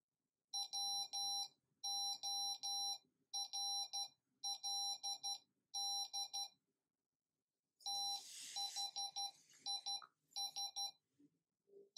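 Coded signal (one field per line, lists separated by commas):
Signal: Morse code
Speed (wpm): 12 wpm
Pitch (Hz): 800 Hz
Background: none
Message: WORLD THIS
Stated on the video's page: Morse audio tones generated by an Arduino from text typed into its Serial Monitor.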